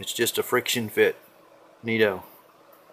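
A rear wiper blade is being handled onto the rear wiper arm of a 2010 Lincoln MKX. Someone talks in two short bursts with a quiet pause between them. Nothing has seated or clicked yet by the end of the clip.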